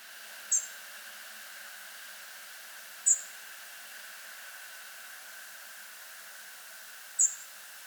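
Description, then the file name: European robin giving three thin, very high, brief notes spaced a few seconds apart over a steady background hiss. "Erithacus rubecula"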